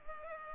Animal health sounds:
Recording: mosquito wingbeat signal from an infrared sensor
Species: Culex pipiens

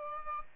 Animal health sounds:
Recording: mosquito wingbeat signal from an infrared sensor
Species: Aedes albopictus

